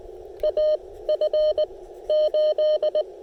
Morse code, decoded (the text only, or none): AF8